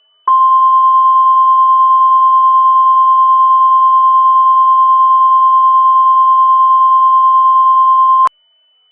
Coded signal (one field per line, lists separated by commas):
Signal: Emergency Alert System (SAME) tones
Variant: 1050 Hz attention tone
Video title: FROM THE ARCHIVES: EAS Mock - Dodgy Disaster